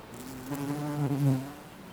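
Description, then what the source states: Bee buzzing, a strong low humming drone that swells for about a second, wavering slightly in pitch, then fades away. Bees in a garden on a sunny summer day in Jette, Belgium; recorded with Sony PCM-D100 internal microphones in wide position.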